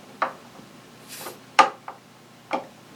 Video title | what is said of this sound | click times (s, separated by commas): Sentry Resin Kit Statue Paint Up | get it any Clicks in place all right and then on to two heads now actually | 1.6 s